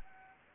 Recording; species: mosquito wingbeat signal from an infrared sensor; Anopheles arabiensis